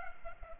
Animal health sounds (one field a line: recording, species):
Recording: mosquito wingbeat signal from an infrared sensor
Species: Culex pipiens